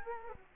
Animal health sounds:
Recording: mosquito wingbeat signal from an infrared sensor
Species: Culex quinquefasciatus

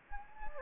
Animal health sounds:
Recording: mosquito wingbeat signal from an infrared sensor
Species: Anopheles gambiae

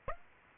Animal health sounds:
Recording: mosquito wingbeat signal from an infrared sensor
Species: Aedes aegypti

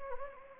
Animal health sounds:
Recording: mosquito wingbeat signal from an infrared sensor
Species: Anopheles gambiae

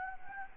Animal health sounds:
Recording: mosquito wingbeat signal from an infrared sensor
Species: Anopheles gambiae

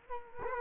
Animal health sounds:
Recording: mosquito wingbeat signal from an infrared sensor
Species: Culex quinquefasciatus

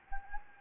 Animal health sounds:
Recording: mosquito wingbeat signal from an infrared sensor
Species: Anopheles gambiae

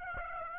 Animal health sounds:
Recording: mosquito wingbeat signal from an infrared sensor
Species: Aedes aegypti

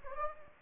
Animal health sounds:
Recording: mosquito wingbeat signal from an infrared sensor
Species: Anopheles gambiae

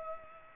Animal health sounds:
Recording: mosquito wingbeat signal from an infrared sensor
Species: Culex pipiens

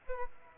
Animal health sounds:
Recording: mosquito wingbeat signal from an infrared sensor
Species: Aedes aegypti

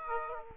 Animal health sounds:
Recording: mosquito wingbeat signal from an infrared sensor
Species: Aedes aegypti

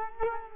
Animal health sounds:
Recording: mosquito wingbeat signal from an infrared sensor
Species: Culex quinquefasciatus

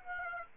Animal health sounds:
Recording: mosquito wingbeat signal from an infrared sensor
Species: Aedes aegypti

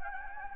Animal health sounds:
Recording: mosquito wingbeat signal from an infrared sensor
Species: Anopheles gambiae

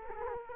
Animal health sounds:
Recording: mosquito wingbeat signal from an infrared sensor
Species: Culex quinquefasciatus

